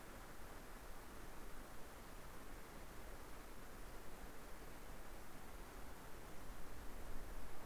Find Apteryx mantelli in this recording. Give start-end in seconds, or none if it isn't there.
none